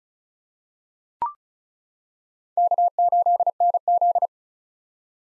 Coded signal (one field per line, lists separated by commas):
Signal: Morse code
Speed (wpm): 36 wpm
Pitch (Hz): 700 Hz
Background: none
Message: K8NZ